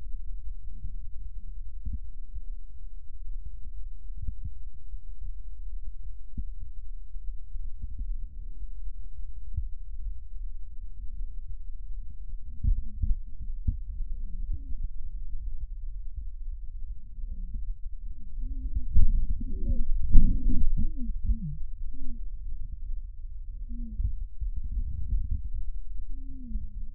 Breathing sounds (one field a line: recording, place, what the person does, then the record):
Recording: lung sounds by stethoscope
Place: right anterior apical chest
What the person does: quiet breathing, then deep breathing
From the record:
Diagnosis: asthma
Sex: female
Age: 56 years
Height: 161 cm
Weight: 85 kg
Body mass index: 32.8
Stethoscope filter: bell mode